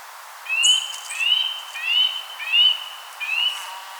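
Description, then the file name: Eurasian nuthatch giving five clear, rising whistled notes with a slight downturn, spaced about every seven tenths of a second, over a quiet background. "Sitta europaea"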